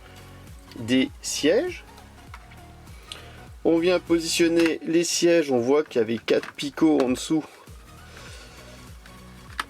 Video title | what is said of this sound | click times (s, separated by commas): Je construis une Ford GT40 au 1/8 Altaya montage fascicule 27 | guide on a ça vient se clipser tout simplement donc là voilà | 9.6 s